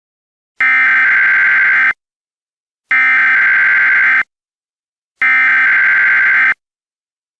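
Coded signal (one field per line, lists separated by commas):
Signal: Emergency Alert System (SAME) tones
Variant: header bursts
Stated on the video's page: Fictional EAS scenario, a Spring Fling 2023 contest entry, not based on real events.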